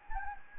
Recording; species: mosquito wingbeat signal from an infrared sensor; Anopheles gambiae